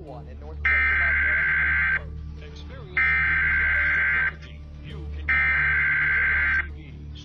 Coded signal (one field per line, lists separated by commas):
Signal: Emergency Alert System (SAME) tones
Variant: header bursts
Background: speech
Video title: 10 Scary Emergency Alerts Seen on TV